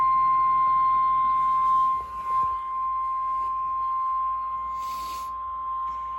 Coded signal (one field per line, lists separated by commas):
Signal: Emergency Alert System (SAME) tones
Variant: 1050 Hz attention tone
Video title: EAS Alerts From 6/24/25 #COWX